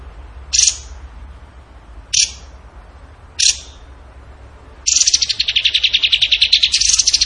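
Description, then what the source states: Bird calls: three sharp, short high notes about a second and a half apart, then a long, harsh, rapidly pulsing trill. Songbird training audio (masteran) in the tembakan gacor song style.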